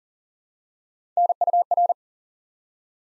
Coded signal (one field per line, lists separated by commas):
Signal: Morse code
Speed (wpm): 38 wpm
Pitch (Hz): 700 Hz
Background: none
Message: NUR